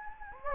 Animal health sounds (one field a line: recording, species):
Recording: mosquito wingbeat signal from an infrared sensor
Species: Anopheles gambiae